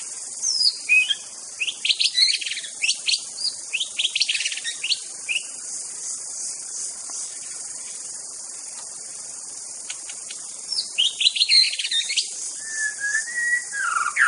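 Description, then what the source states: White-rumped shama song: bursts of varied sharp chirps and whistles in two bouts, the second including a long clear whistle, over a steady high insect drone. Wild bird from the forest.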